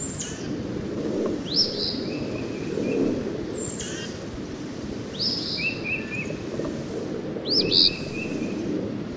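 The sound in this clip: Eastern phoebe giving faint, high two-part phrases about five times, partly masked by strong low rumbling noise.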